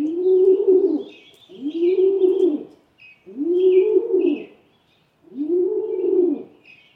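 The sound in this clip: Rock pigeon cooing, four low rounded moaning coos about a second long each, spaced roughly every one and a half to two seconds, with faint higher chirps of other birds behind.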